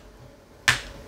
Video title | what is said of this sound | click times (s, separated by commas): •Samsung Galaxy Tab S9 11" - Spigen Tough Armor Pro Case: Unbox, Install, Review! | so that's nice you get dual action click in there on the left and the right that's going to be securely in place | 0.7 s